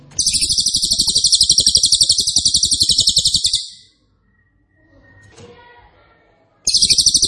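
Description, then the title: Cililin song: a loud, very rapid, high buzzing trill lasting about three and a half seconds, a quiet gap, then another trill bursting in. Loud, dense rapid-fire song style ('nembak keras dan rapat'), used as a favourite training recording (masteran) for oriental magpie-robin, leafbird and white-rumped shama. "Cililin NEMBAK KERAS dan RAPAT masteran murai batu cucak ijo dan kacer"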